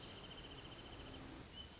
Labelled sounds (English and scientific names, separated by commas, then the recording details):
Wrentit (Chamaea fasciata)
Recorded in Sonoma County, California